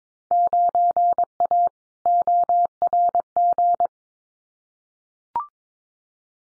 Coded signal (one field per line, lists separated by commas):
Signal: Morse code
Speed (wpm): 22 wpm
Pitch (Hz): 700 Hz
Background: none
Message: 9A ORG